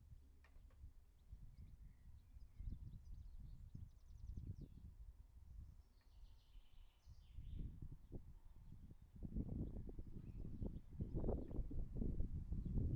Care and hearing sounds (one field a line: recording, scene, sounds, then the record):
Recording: everyday scene through a hearing-aid microphone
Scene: wind on the microphone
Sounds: wind, birds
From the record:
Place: in front of a rural house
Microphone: behind the ear, right, front